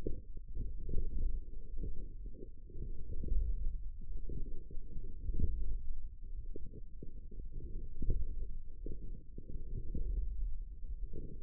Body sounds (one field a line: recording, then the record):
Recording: forearm muscle sounds (acoustic myography)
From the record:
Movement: forearm supination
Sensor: system 1, eight BSWA MPA416 microphones around the upper forearm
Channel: 6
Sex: male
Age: 18 years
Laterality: right